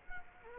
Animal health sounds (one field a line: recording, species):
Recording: mosquito wingbeat signal from an infrared sensor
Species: Culex quinquefasciatus